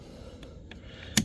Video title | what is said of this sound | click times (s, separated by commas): How To Remove 2022-2026 GMC Sierra Passenger Window Switch. | Actually locks into place. | 1.2 s